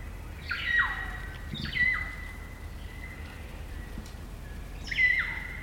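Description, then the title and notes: Kaka song: three swooping whistled phrases with sharply falling notes and a held level tone. Kaka, a large parrot, singing eerie dusk chorus in late spring at Karori Sanctuary near Wellington, New Zealand. "It's late spring at the Karori Sanctuary near Wellington, New Zealand and the kakas – a large species of parrot – are singing their eerie dusk chorus. Recorded by Margaret Bartlett."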